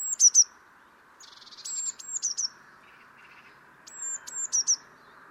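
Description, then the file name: Eurasian blue tit giving very high, thin notes that drop in pitch, with a short buzzy churr, in three separate bursts over a quiet background hiss. "Cyanistes caeruleus"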